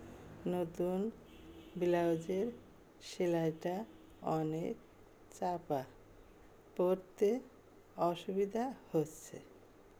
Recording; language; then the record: elicited speech; Bengali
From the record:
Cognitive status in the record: dementia